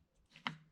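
In an opened Audi 01E AWD racing dogbox transmission, the shift fork slides the steel dog ring by hand into the dogs of second gear. A faint scrape and light tick near 0.4 s lead into a sharp, solid clunk at 0.5 s that rings out briefly as the two dog faces engage. Second gear is seated.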